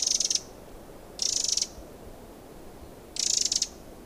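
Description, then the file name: Eurasian wren scolding calls: three dry, buzzy rattles high in pitch, each lasting about half a second, with quiet pauses between them. "Troglodytes troglodytes"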